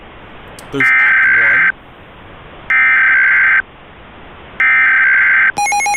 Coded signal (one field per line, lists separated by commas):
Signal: Emergency Alert System (SAME) tones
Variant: header bursts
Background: speech